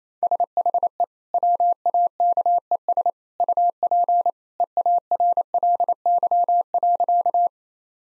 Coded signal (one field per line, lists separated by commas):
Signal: Morse code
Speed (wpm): 28 wpm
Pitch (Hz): 700 Hz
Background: none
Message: SHE WAKES UP EARLY.